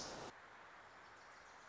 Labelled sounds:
Wilson's Warbler
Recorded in Sonoma County, California

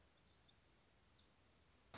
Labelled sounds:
Black-throated Gray Warbler
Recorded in Sonoma County, California

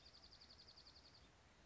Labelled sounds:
Dark-eyed Junco
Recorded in Sonoma County, California

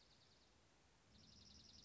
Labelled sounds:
Dark-eyed Junco
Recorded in Sonoma County, California

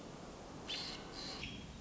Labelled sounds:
American Robin
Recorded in Sonoma County, California

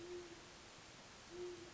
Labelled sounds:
Great Horned Owl
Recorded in Sonoma County, California

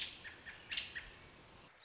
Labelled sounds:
American Robin
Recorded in Sonoma County, California

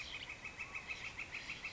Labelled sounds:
Northern Flicker
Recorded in Sonoma County, California

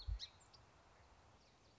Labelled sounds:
Song Sparrow
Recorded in Sonoma County, California

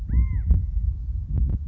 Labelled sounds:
California Quail
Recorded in Sonoma County, California

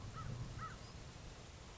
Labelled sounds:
American Crow
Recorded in Sonoma County, California

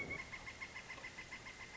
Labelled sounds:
Pileated Woodpecker
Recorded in Sonoma County, California

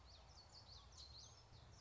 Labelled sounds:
Common Yellowthroat
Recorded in Sonoma County, California

